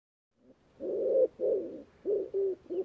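Bird beginning a run of low coos after a faint lead-in, two long notes followed by three shorter ones.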